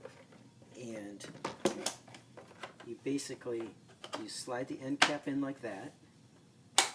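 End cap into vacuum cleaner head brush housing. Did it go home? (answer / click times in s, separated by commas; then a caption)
yes / 6.8 s. Someone talks while sliding a plastic end cap back onto the brush roll of a vacuum cleaner head and pushing it into the brush housing. A single sharp click sounds at 6.8 s as the end cap snaps into place and is seated.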